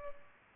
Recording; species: mosquito wingbeat signal from an infrared sensor; Culex pipiens